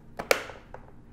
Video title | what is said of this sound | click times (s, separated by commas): Unboxing and Assembly: E-flite® EC-1500 Twin 1.5m | gonna slide it and as you guys slide this into place you're gonna hear it click and | 0.3 s